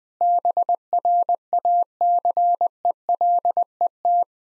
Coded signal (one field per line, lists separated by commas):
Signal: Morse code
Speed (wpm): 20 wpm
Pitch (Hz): 700 Hz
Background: none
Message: BRACELET